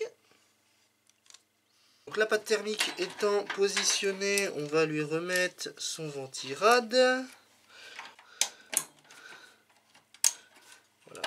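A CPU cooler is being refitted onto its motherboard retention bracket after thermal paste has been applied. Someone talks, followed by a few sharp handling knocks and taps. Nothing has seated or clicked yet.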